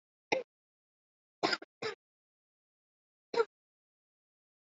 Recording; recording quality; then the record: shallow voluntary cough; moderate, slight background noise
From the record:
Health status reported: COVID-19 positive, moderate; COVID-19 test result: positive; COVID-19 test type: RT-PCR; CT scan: not taken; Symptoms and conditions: cough, fever, fatigue, muscle pain, loss of smell and taste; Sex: female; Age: 34 years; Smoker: no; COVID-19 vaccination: both doses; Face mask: worn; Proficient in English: yes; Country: India